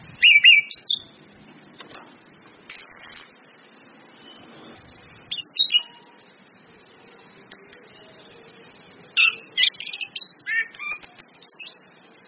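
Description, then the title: Orange-headed thrush song in several bursts of varied whistled and chattering phrases, with quiet gaps between them. Indonesian bird-training recording of Orange-headed thrush song, including female whistles, meant to make birds sing actively. "PANCINGAN anis kembang ngeplong dan SUITAN BETINA"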